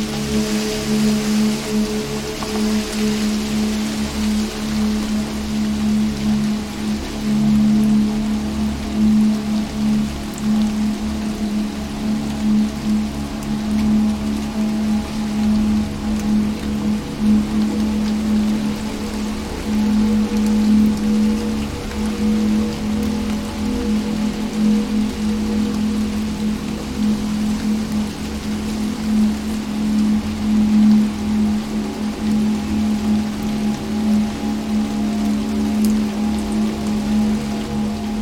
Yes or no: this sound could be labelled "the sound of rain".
yes